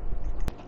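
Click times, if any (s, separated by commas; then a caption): 0.5 s. A microSD card is pressed hard into the card slot of a pocket gimbal camera with a fingernail after several failed pushes, until it latches. Under a low rumble of handling noise, a single sharp, broadband click is heard at 0.5 s. The card seats in the slot.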